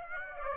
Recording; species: mosquito wingbeat signal from an infrared sensor; Aedes aegypti